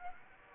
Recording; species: mosquito wingbeat signal from an infrared sensor; Aedes aegypti